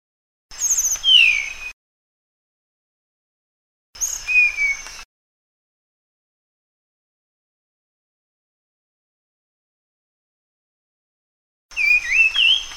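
Sunda blue flycatcher song: three short bursts of high, quick twittering phrases with downward-sliding whistles, each about a second long and separated by silent gaps.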